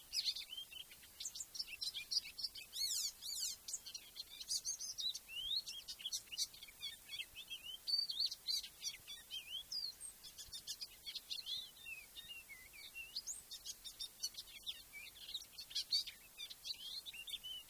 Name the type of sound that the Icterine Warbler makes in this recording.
song